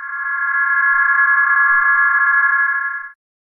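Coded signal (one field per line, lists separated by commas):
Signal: RTTY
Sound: steady warbling two-tone buzz with a rough hiss, lasting about three seconds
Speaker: change to a new mode whereas psk31 used phase shift keying to send data radio teletype all ritti uses frequency shift keying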